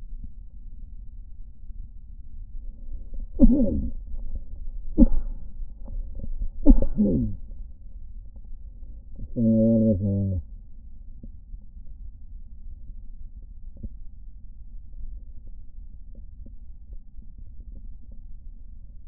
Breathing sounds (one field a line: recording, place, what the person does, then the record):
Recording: lung sounds by stethoscope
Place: right posterior basal chest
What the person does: quiet breathing, then cough and speech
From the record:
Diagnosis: COPD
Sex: male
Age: 69 years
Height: 162 cm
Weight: 124.8 kg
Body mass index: 47.6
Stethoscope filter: diaphragm mode